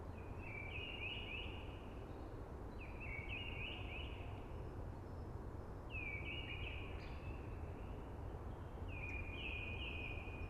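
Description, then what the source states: Eurasian blackbird song, melodious warbled phrases repeated about every three seconds, over steady rushing noise like wind in trees. Singing early, amongst hushing conifers.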